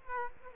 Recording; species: mosquito wingbeat signal from an infrared sensor; Culex quinquefasciatus